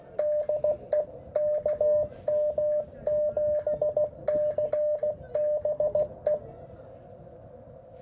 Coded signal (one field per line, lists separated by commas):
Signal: Morse code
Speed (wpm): 16 wpm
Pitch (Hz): 600 Hz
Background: radio noise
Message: DE KM7CBE